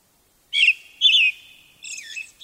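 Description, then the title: Brown-headed thrush song phrase: two bright whistled notes, then a softer, higher trilled ending. Recorded at Mount Tennyo, Yamanashi Prefecture, Japan. "天女山（山梨県）のアカハラ"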